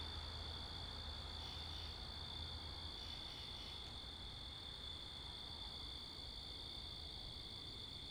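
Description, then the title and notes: Crickets chirring in a continuous night chorus, steady high trilling bands without pause, over a low rumble of passing cars and wind. Crickets with cars and wind, Wakefield, Rhode Island, 10 October 2021, 11:35pm at night; recorded facing northeast with two Rode NTG-3 shotgun mics on a Sound Devices MixPre 10ii. "Oct 10th 2021 11:35pm Wakefield, Rhode Island. Crickets, Cars, and Wind"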